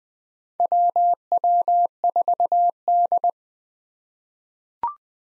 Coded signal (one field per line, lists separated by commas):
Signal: Morse code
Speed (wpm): 20 wpm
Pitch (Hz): 700 Hz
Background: none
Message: WW4D